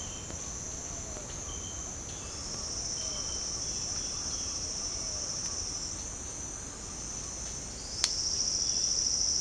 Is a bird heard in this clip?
no